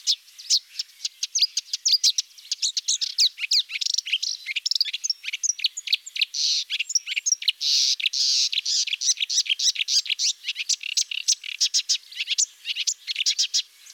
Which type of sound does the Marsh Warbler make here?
song